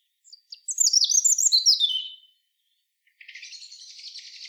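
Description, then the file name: European robin song: one quick, tumbling phrase of high squeaky notes and trills, followed by a softer, hissy, buzzy rustle. "Erithacus rubecula"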